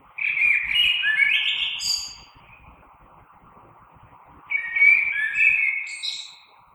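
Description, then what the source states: Common blackbird song: two mellow fluted phrases, each ending in a thin high twitter, separated by a pause of about two seconds. Recorded 3 March 2020.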